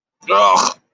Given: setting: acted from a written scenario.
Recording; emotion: vocal sound without words; disgust